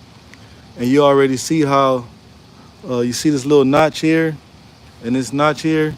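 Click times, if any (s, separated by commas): 0.3 s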